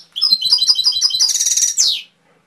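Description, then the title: Canary song phrase of evenly repeated high trilled notes building into a loud buzzy rattle and ending with a falling sweep. Canary masteran (training) song with full fill-ins (isian), for teaching canaries to sing, by mster Mnuk. "mster Mnuk. Masteran Kenari Full Isian"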